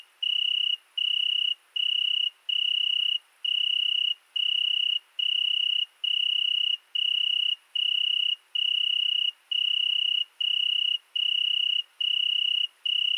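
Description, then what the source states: Italian tree cricket trilling in steady, evenly spaced bursts, each a smooth ringing tone with short silent gaps, no other sounds. Single tree cricket settled for two nights in Virginia creeper under a window, recorded at night 22:30 on 13 August 2020 at Fourcinet ValMaravel with Nagra Seven and MKH40 cardioid microphone.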